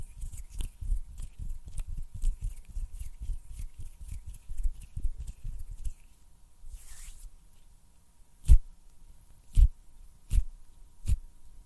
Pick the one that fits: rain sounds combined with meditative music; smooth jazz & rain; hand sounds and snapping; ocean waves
hand sounds and snapping